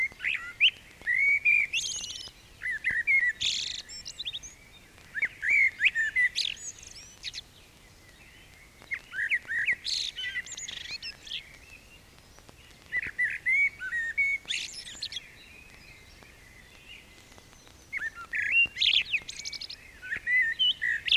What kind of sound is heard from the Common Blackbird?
song